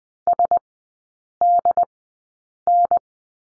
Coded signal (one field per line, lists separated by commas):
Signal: Morse code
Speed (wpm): 20 wpm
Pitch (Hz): 700 Hz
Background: none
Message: SDN